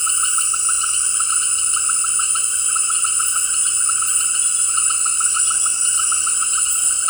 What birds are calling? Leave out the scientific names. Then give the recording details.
none. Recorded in dense forest near Puerto Asís, Putumayo, Colombia, on 21 February 2024 at 18:30. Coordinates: 0.484, -76.317. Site G6464